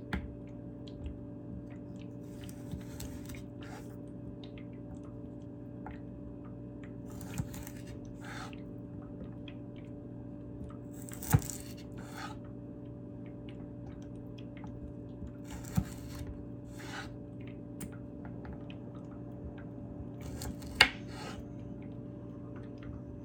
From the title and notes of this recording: ASMR Carrot Chopping.